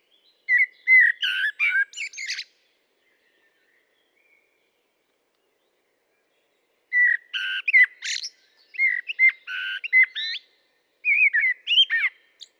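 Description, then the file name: Common blackbird song in several bursts: low, melodious whistles blended with high, scratchy twitters, with a long silence between the first phrase and the rest. "Turdus merula"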